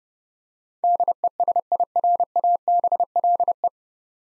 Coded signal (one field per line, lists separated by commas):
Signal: Morse code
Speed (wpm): 32 wpm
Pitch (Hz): 700 Hz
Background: none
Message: DESIRABLE